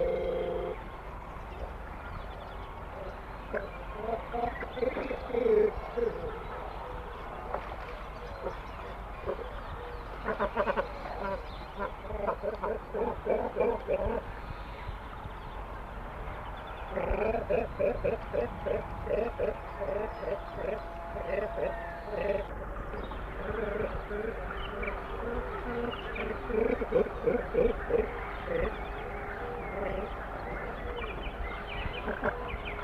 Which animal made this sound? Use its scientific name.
Phalacrocorax carbo